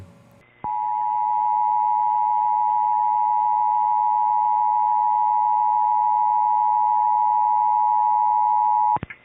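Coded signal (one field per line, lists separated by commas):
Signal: Emergency Alert System (SAME) tones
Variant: 853 and 960 Hz attention tone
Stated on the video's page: National Emergency Alert System test involving primary entry point stations.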